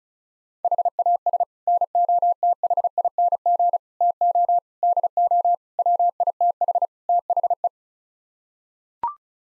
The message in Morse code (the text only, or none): HAS NOTHING TO DO WITH THE